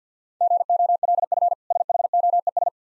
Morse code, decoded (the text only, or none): GOLF SHOES